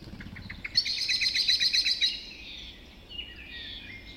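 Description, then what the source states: Birds (dawn chorus): one bird giving a rapid repeated trill for over a second, then softer songs from other birds trailing off. Dawn chorus recorded just after dawn in the Forest of Dean.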